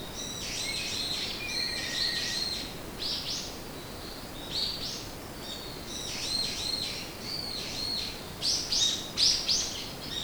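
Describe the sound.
Bird chirps: dense runs of high twittering notes in clustered bursts, with a lower whistled note near two seconds and light background hiss.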